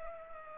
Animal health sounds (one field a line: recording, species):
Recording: mosquito wingbeat signal from an infrared sensor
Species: Culex pipiens